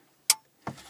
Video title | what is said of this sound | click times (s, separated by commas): #131 Android Auto or Apple CarPlay upgrade Peugot 108, Toyota Aygo or Citroën C1 | make sure that all the connections click into place and not just slide into place except | 0.3 s